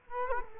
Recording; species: mosquito wingbeat signal from an infrared sensor; Culex quinquefasciatus